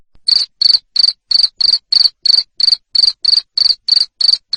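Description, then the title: Cricket chirps: sharp, high-pitched pulses repeating steadily about three times a second over a silent background. Loud cricket chirping ('ngerik') played to stimulate lovebirds into continuous singing ('ngekek'). "Suara JANGKRIK NGERIK Keras Bikin LOVEBIRD Jadi NGEKEK Terus Vubey"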